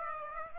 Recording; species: mosquito wingbeat signal from an infrared sensor; Aedes aegypti